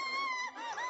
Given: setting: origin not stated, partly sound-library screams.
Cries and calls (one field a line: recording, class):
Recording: one-second piece from a danger detection set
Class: woman in danger